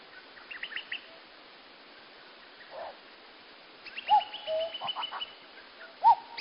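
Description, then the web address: Bird song of short whistled notes and brief chirps, sparse at first, then a quicker run of clear notes near the end over steady background hiss. Singing at dawn. "gazou goma yoake. bird singing"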